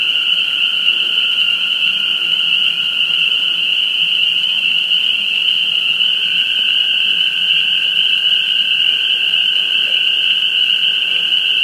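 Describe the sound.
Spring peeper chorus: many high piping calls blending into a continuous shrill ringing, accompanied by a fainter lower tone throughout, with no other clear sounds.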